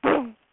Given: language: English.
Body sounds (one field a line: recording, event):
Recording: throat vibration sensor signal played as sound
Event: throat clearing